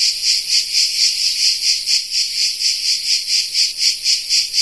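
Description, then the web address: Cicada song: a piercing buzz rising and falling in quick even pulses. Cicada of the genus Tettigia recorded in the Peloponnese in the morning. "Peloponnes akustik au Tettigia Cicada morning"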